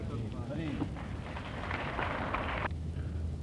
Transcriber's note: applause